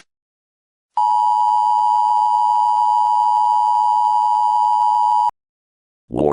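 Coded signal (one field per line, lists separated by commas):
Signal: Emergency Alert System (SAME) tones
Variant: 853 and 960 Hz attention tone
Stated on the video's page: Fictional county alert in an analog horror piece, not a real broadcast.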